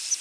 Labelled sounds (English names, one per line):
Palm Warbler flight call